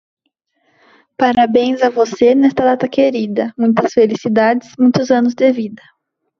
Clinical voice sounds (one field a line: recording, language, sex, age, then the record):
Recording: short text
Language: Brazilian Portuguese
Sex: female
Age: 20 to 29 years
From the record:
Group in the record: control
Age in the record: 23 years